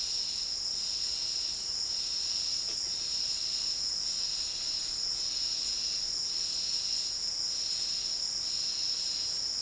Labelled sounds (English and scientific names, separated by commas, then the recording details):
none
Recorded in dense forest near Puerto Asís, Putumayo, Colombia, on 24 March 2025 at 15:30
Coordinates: 0.499, -76.324
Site GP03